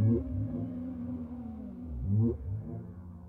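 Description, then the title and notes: Whale call: two deep moaning phrases, the second sliding down then swooping up, with a low hum in between. Whale sounds presented without music, intended for sleep. "WHALE SOUNDS, WHITE NOISES. WHALE SOUNDS WITHOUT MUSIC"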